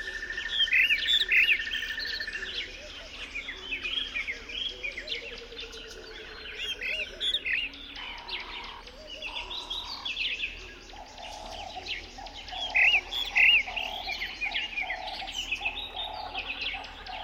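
Birds call and chirp around a dry stretch of the Limpopo River, with bright, clear whistled notes near the start and again around thirteen seconds. A steady bed of overlapping calls and faint buzzing continues throughout, with short repeated tonal hoots from eight seconds on.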